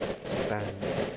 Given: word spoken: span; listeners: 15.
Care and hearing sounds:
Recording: one English word in noise, from a listening test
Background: noise modulated by three-talker babble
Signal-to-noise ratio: -4.0 dB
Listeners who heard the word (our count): 4 of 15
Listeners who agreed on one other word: 9 of 15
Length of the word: 0.77 s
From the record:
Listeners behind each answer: 9, 4, 2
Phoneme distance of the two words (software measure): 21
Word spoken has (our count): 1 syllable, 4 phonemes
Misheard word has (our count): 2 syllables, 7 phonemes, stress on syllable 2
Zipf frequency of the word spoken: 3.59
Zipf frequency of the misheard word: 4.01

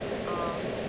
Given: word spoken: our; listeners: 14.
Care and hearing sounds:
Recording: one English word in noise, from a listening test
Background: speech-shaped noise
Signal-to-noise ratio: -4.2 dB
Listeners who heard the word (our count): 0 of 14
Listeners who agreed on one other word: 7 of 14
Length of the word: 0.49 s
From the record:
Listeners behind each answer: 7, 5, 1, 1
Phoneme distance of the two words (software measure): 10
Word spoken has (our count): 2 syllables, 2 phonemes, stress on syllable 1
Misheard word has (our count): 1 syllable, 2 phonemes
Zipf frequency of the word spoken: 6.22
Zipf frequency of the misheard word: 4.70

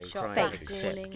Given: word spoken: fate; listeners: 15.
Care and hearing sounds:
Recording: one English word in noise, from a listening test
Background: four-talker babble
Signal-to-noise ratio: -1.1 dB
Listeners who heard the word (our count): 2 of 15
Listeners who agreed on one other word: 7 of 15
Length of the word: 0.77 s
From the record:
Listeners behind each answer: 7, 2, 2, 1, 1, 1, 1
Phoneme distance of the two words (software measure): 10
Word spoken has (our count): 1 syllable, 3 phonemes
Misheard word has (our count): 1 syllable, 3 phonemes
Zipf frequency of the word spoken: 4.22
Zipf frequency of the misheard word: 4.51

